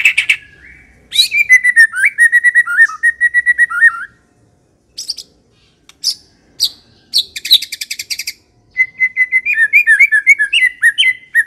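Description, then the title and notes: White-rumped shama song, long bouts of fast chirping and whistled trills separated by brief silences, with a few sharp single notes. Long-duration lure (pikat) used to attract the birds. "Pikat Murai Batu Durasi Panjang. Burung Murai Batu"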